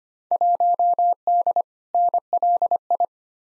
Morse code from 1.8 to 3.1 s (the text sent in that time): NLI